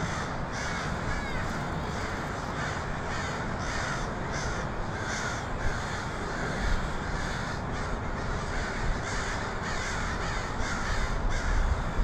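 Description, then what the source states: Crows cawing in a large group, rasping calls in quick overlapping bursts, with a heavy low rumble throughout. Crows in Portland (pdx), 23 October 2018.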